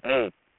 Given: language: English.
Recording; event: throat vibration sensor signal played as sound; speech